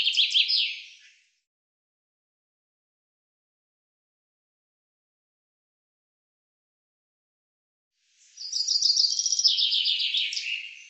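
Common chaffinch song: the end of one trilled phrase, then a long silence of about seven seconds before another bright, descending rattle of notes.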